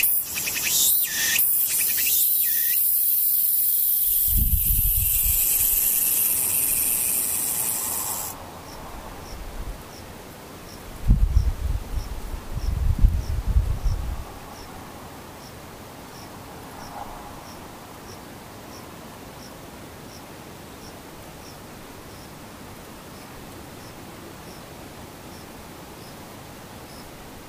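Insects chirp in a mostly quiet stretch. For the first eight seconds a bright, steady hiss dominates, with a couple of low thumps; after it cuts out, a faint, high, regular chirp repeats about twice a second, with brief low rumbles around eleven to fourteen seconds.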